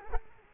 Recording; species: mosquito wingbeat signal from an infrared sensor; Culex quinquefasciatus